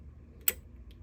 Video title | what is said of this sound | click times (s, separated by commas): Singer Fashion Mate 257: Threading Your Machine (Read Description) | and you'll hear it click when it engages over that tooth | 0.5 s